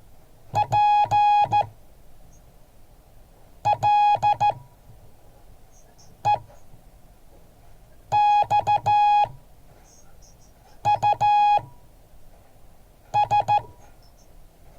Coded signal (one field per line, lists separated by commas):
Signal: Morse code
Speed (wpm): 14 wpm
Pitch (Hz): 830 Hz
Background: none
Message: PLEXUS